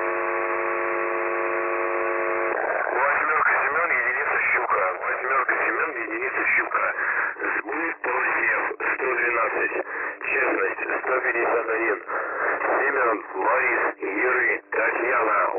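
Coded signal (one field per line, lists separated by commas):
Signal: coded military voice message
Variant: The Pip (S30), Russian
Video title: The Pip voice message (December 21, 2020 07:42 UTC)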